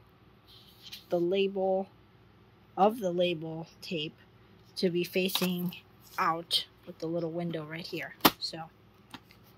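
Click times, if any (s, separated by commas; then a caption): none. Someone talks while handling a generic plastic label tape cassette, window facing out, at the compartment of a handheld Brother P-Touch label maker. Two brief sharp sounds come near the end at about 9.1 and 9.3 seconds. The cassette has not seated or clicked into place yet.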